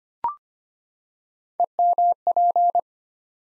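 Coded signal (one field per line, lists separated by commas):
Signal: Morse code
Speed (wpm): 25 wpm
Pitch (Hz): 700 Hz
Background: none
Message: EMP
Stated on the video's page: Morse practice set for beginners building 8-letter words three letters at a time at 25 wpm, aimed at instant character recognition.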